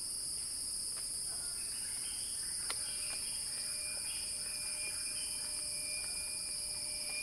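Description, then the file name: Cicada drone, high and unbroken, with one sharp click near the middle. Cicadas singing in a crescendo. "earth-fm Axel-Drioli Cicada-Crescendo-Sounding-Wild"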